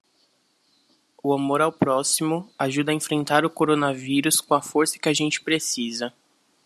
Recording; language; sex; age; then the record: spoken sentence; Brazilian Portuguese; male; 20 to 29 years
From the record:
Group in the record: control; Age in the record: 21 years